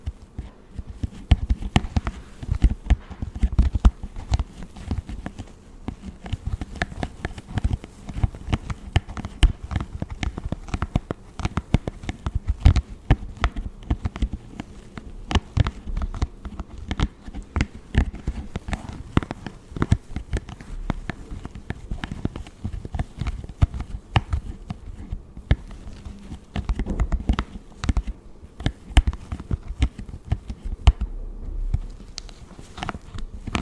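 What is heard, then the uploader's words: Skin and hair care sounds fill the whole stretch with quick, irregular patting and tapping, like light strokes and dabs repeated without pause. The taps are dull and low, with occasional sharper, brighter clicks, and the pace stays busy and uneven throughout. Pampering Your Skin & Hair.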